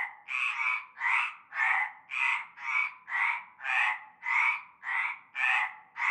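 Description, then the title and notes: Frog chorus of raspy, ratcheting croaks in short bursts following closely one after another in a fairly regular rhythm. Frogs calling in chorus from a large concrete basin holding stagnant greenish water, starting at nightfall, La Ciotat, Bouches-du-Rhône, Provence, France. "Une grande vasque en béton, un fond d'eau verdâtre croupissant. et un cœur de grenouilles dès la nuit tombée"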